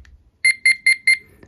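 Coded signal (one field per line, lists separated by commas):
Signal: beep code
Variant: talking watch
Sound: four quick high-pitched electronic beeps in rapid succession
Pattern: 4 short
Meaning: Hourly chime turned back on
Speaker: it's back on it confirms that with four beeps now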